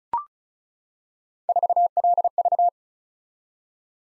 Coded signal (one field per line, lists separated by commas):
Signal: Morse code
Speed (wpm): 36 wpm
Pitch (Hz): 700 Hz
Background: none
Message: 4LV